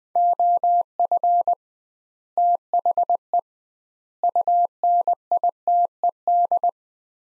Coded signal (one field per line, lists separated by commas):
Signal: Morse code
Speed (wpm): 21 wpm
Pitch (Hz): 700 Hz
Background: none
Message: OF THE UNITED